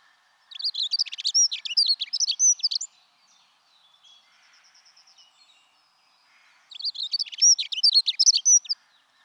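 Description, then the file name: Dunnock song in two rapid, jingling phrases of high twittering notes, each lasting about two seconds, separated by a quiet gap with faint chirps. "Accenteur mouchet"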